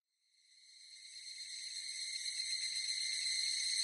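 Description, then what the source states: Evening cicada song fading in from silence, a high ringing trill growing steadily louder over a few seconds, pulsing rapidly and evenly. Recorded 18 July 2004.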